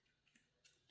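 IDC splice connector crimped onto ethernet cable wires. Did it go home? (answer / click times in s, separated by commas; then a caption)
yes / 0.4 s, 0.9 s. A small plastic insulation-displacement splice connector holding two matched solid green twisted-pair Ethernet cable conductors is squeezed shut with pliers. Sharp snaps are heard at 0.4 s and 0.9 s. The connector snaps closed and is seated on the wires.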